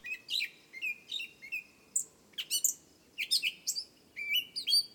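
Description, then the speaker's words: Gray catbird song, a halting string of varied squeaky, slurred phrases with short pauses, over a quiet background. Male's dawn song from his nest in wisteria; starts sleepy and builds to full-throated; territorial song claiming territory for him and his mate, warning other birds away. "Then comes the gray catbird from over in his nest in the wisteria, with his foggy-eyed, sleepy song that slowly builds into a full-throated celebration of the new day."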